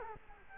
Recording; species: mosquito wingbeat signal from an infrared sensor; Culex quinquefasciatus